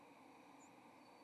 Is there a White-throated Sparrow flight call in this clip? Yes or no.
no